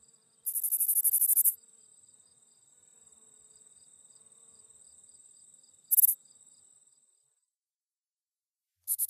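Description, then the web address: Texas bush katydid song, a long raspy buzz followed by shorter loud buzzy bursts, with soft steady ticking between the first two. "Songs of Insects. Texas Bush Katydid"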